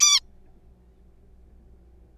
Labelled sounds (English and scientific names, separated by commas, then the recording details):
Zebra Finch (Taeniopygia guttata)
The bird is a juvenile
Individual R3428